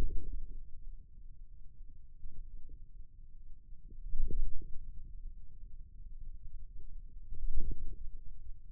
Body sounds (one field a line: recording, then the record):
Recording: forearm muscle sounds (acoustic myography)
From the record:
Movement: wrist flexion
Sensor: system 2, bracelet of six BSWA MPA416 microphones around the upper forearm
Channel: 2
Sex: male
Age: 22 years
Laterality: right